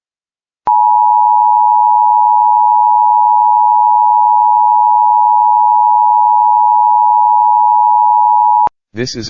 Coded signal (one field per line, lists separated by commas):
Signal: Emergency Alert System (SAME) tones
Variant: 853 and 960 Hz attention tone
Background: speech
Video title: Local area emergency EAS #2